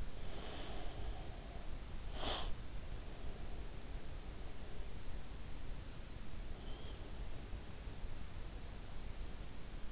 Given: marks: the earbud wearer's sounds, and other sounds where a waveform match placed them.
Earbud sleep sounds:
sounds in sleep by an in-ear microphone; breath
0.00-2.84 s: breath

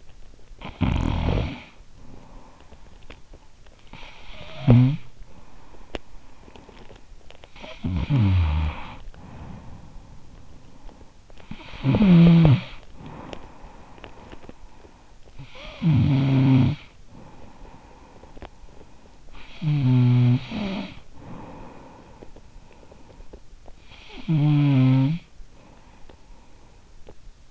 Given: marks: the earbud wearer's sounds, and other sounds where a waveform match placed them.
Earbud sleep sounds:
sounds in sleep by an in-ear microphone; snoring breath
0.37-27.40 s: snoring breath

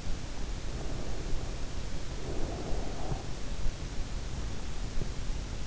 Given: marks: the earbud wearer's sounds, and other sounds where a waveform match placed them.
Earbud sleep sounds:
sounds in sleep by an in-ear microphone; breath
0.58-4.54 s: breath

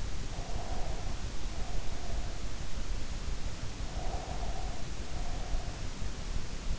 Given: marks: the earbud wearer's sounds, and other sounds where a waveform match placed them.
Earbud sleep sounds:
sounds in sleep by an in-ear microphone; breath
0.23-2.27 s: breath
3.87-5.98 s: breath

